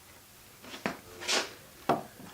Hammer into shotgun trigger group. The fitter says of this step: Hammer goes in and it will go back and lock into place